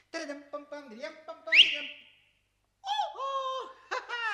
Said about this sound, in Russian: Прикрывшись зонтиком, на площадь по-пластунски вползает Бригелла. С противоположной стороны появляется несколько легкомысленно настроенная Труффальдино. Из-под зонта раздается свист.